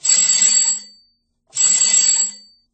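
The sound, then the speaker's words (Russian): A telephone rings twice, each bright, rattling ring lasting under a second with a short silent pause between them, fairly loud and with no one speaking. A telephone operator is calling back after 10 minutes. “Через 10 минут телефонистка перезвонила снова.”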